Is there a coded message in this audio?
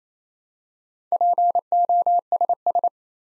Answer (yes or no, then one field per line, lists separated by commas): yes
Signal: Morse code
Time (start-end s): 1.1-2.9 s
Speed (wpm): 27 wpm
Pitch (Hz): 700 Hz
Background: none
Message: POSS